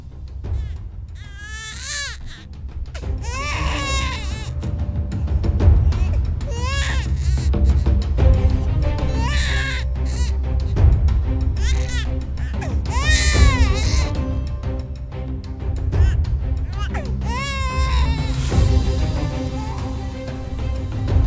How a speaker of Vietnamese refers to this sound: Người ta kinh hãi bởi vì nghe rõ tiếng trẻ con khóc che che che che. Nhà nào cũng thế, nhìn bức tượng đất vỡ tan tả tơi, đồng thời tiếng trẻ con khóc váng cả làng.